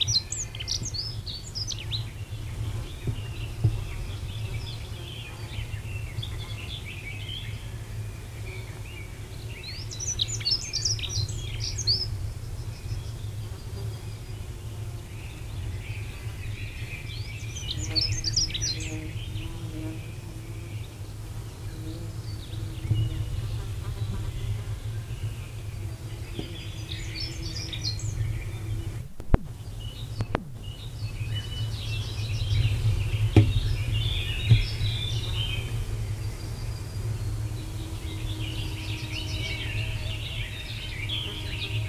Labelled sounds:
Dunnock (Prunella modularis) song

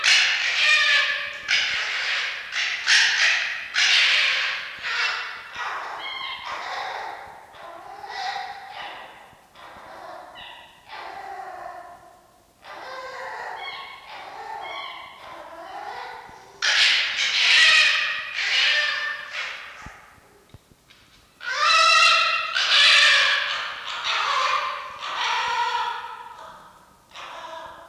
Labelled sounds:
Red Fox (Vulpes vulpes)

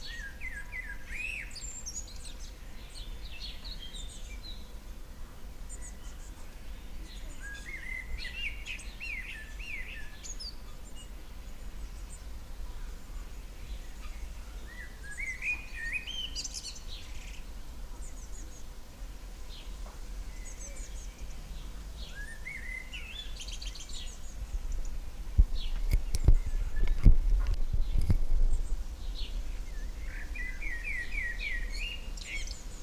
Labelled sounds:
Common Blackbird (Turdus merula) song

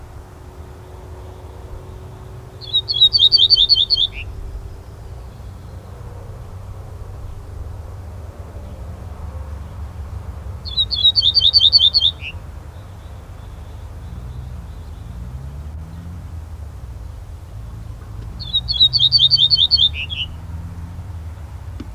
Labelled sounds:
Ortolan Bunting (Emberiza hortulana) song

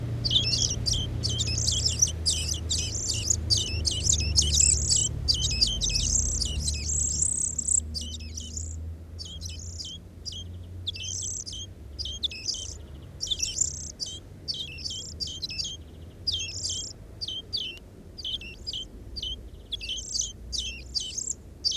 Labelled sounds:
European Greenfinch (Chloris chloris) call

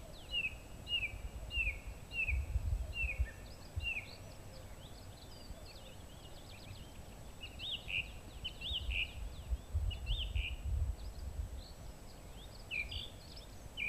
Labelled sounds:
Song Thrush (Turdus philomelos) song

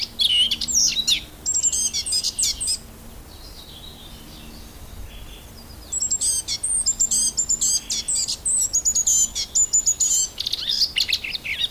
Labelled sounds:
Eurasian Blackcap (Sylvia atricapilla) song

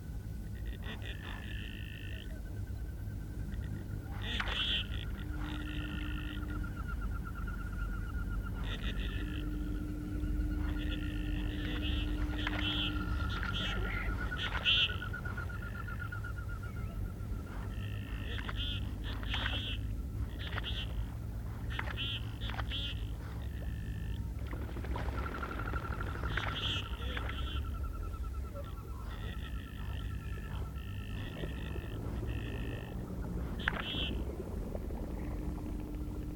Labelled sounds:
Common Goldeneye (Bucephala clangula) call

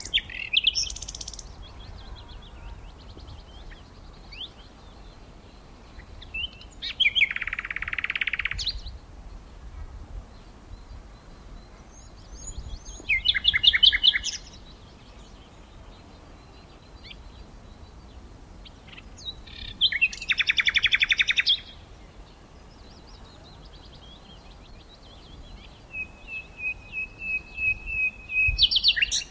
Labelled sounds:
Common Nightingale (Luscinia megarhynchos) song

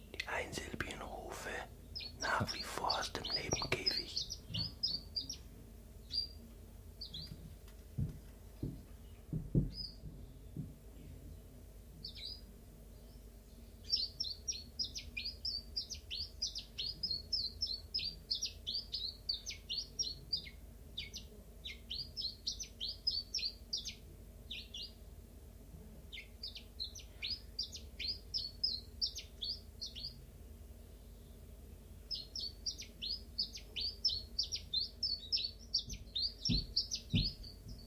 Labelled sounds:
Common Chiffchaff (Phylloscopus collybita)

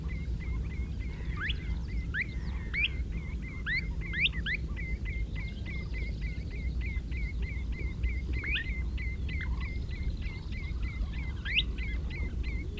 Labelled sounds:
Kentish Plover (Charadrius alexandrinus) call

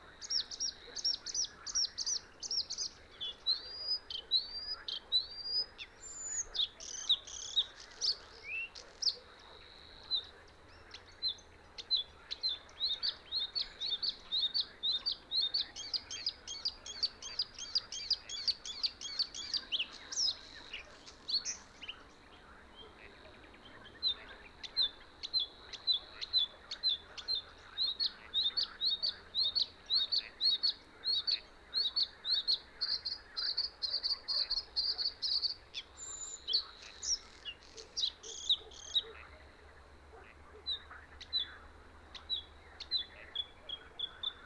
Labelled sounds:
Bluethroat (Luscinia svecica) song

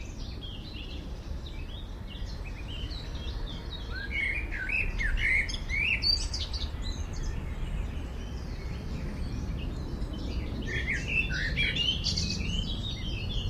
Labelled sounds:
Common Blackbird (Turdus merula)

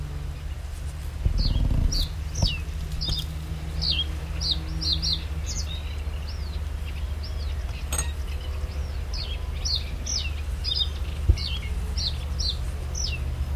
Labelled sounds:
Reed Bunting (Emberiza schoeniclus)

